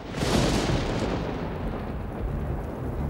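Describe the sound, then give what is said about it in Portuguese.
A loud crack of thunder bursts in and rolls into a long, deep rumble over the steady hiss of heavy rain at night. No one speaks. “Chovia muito naquela noite”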